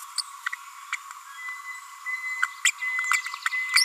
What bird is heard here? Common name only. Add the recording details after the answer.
Green-rumped Parrotlet. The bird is a female. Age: 30 days. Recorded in a nest box in Venezuela. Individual 17B42A4